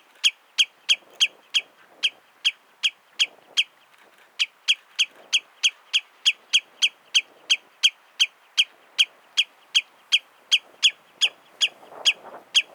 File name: Common Redshank Tringa totanus